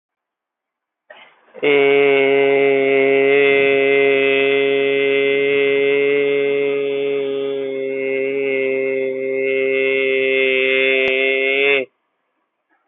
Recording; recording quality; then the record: sustained vowel as in made; moderate, slight background noise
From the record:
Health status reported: healthy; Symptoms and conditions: none ticked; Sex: male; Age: 20 years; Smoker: not ticked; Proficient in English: yes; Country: India